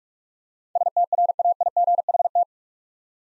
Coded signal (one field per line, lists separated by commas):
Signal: Morse code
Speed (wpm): 46 wpm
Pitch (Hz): 700 Hz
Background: none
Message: STRAIGHT